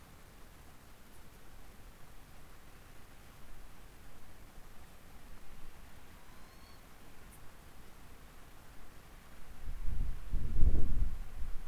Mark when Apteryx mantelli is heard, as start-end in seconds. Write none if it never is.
none